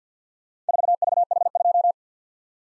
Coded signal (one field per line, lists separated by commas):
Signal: Morse code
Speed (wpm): 52 wpm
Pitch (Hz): 700 Hz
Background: none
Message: 4VH2